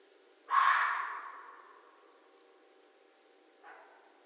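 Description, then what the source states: Red fox letting out one loud hoarse scream that trails away, followed about three seconds later by a much fainter short cry. Recorded on 13 January 2012.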